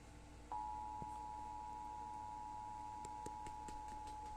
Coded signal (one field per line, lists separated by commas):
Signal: Emergency Alert System (SAME) tones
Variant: 853 and 960 Hz attention tone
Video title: Severe Thunderstorm Warning on NJPBS (EAS #130)